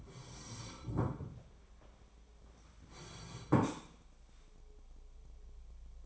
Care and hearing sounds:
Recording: daily activity, microphone in the room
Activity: sit down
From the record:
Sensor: 1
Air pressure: 1015.3 hPa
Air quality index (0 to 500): 187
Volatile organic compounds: 18 ppm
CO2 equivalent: 2613 ppm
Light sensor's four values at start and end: 13/30/12/14 and 13/30/12/14

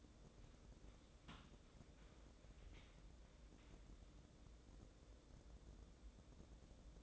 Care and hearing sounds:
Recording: daily activity, microphone in the room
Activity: wipe stove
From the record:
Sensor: 3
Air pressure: 1012.3 hPa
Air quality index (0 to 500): 172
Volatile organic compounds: 2 ppm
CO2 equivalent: 1313 ppm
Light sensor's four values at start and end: 580/1438/594/605 and 576/1428/589/600

